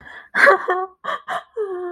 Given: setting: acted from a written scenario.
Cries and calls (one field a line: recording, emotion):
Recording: vocal sound without words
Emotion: sadness